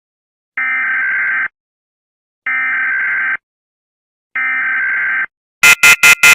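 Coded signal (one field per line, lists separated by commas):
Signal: Emergency Alert System (SAME) tones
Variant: header bursts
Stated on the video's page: Mock EAS alarm.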